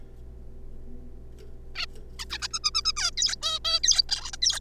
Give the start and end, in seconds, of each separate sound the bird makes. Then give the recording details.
1.76-1.85, 2.19-2.25, 2.30-2.38, 2.42-2.47, 2.53-2.59, 2.64-2.71, 2.74-2.82, 2.85-2.92, 2.96-3.11, 3.17-3.36, 3.42-3.59, 3.65-3.79, 3.83-4.02, 4.09-4.31, 4.33-4.36, 4.42-4.60. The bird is a juvenile. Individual R3549